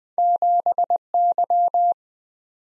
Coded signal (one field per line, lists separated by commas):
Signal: Morse code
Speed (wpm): 20 wpm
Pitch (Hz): 700 Hz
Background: none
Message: 7Y